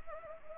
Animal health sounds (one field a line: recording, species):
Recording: mosquito wingbeat signal from an infrared sensor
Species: Anopheles arabiensis